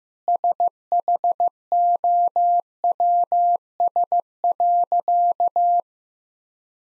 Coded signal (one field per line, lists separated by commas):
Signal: Morse code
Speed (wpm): 15 wpm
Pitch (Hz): 700 Hz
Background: none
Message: SHOWS.